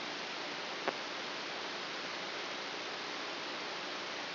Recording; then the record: brain microelectrode recording played as sound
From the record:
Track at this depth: outside the subthalamic nucleus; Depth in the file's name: 5.401 mm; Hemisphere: right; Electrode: 3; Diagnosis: Parkinson's disease